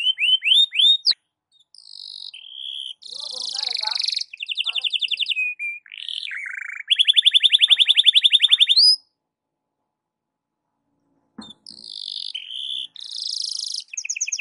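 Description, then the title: Canary song of varied trills, buzzy rolls and rapid repeated notes, broken by a silent gap of about two seconds before resuming. Canary song in the morning, played to warm up Belgian canaries and suited as masteran (song tutoring for other birds). "Canto Para Esquentar Canário Belga. SUARA BURUNG KENARI DI PAGI HARI COCOK BUAT MASTERAN"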